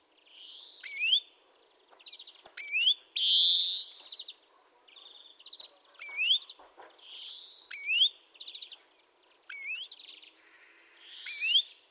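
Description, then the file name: European greenfinch giving rising wheezy notes with sharp upward sweeps, repeated throughout in loose phrases. "Chloris chloris"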